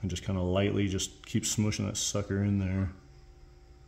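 A new rubber O-ring is gently pushed into the groove of a Harley motorcycle fuel line fitting while someone talks for most of the clip, followed by near-silence from about 2.9 s. Nothing has seated or clicked yet.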